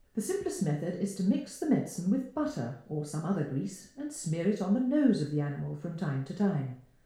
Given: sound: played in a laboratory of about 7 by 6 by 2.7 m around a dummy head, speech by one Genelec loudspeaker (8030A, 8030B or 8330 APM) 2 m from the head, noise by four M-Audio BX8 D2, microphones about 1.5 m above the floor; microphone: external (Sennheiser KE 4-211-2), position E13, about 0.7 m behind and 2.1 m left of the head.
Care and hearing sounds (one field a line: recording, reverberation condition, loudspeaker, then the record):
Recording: female speech in English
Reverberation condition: medium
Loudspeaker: 120 degrees to the left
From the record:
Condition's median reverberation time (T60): about 510 ms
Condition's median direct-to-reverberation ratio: about -0.5 dB